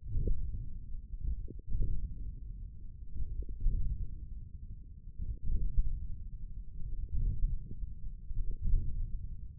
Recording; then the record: forearm muscle sounds (acoustic myography)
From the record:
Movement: wrist extension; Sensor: system 1, eight BSWA MPA416 microphones around the upper forearm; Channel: 1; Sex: male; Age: 42 years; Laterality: right